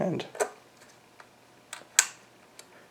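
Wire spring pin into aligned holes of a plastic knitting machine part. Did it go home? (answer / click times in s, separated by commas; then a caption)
yes / 2.0 s. A wire spring retaining pin is pushed through the lined-up holes of a 3D-printed plastic sock knitter part while someone talks. After a few faint ticks, a sharp click at 2.0 s marks the pin snapping into place, and it seats and holds.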